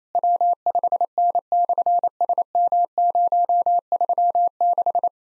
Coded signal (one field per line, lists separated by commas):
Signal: Morse code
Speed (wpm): 27 wpm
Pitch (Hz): 700 Hz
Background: none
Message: W5N/SM036